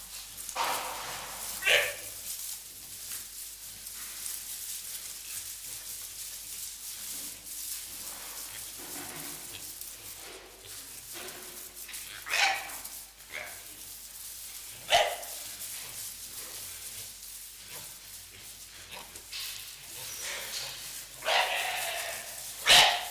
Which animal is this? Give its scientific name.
Tayassu pecari